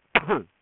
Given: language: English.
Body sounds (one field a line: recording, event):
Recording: throat vibration sensor signal played as sound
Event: cough